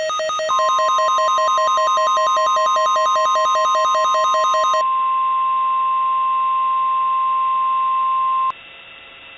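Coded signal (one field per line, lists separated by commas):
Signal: Emergency Alert System (SAME) tones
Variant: 1050 Hz attention tone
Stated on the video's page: Fictional, simulated EAS scenario.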